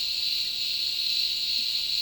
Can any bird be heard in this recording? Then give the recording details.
no. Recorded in dense forest near Puerto Asís, Putumayo, Colombia, on 20 February 2024 at 10:00. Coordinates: 0.502, -76.324. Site G6370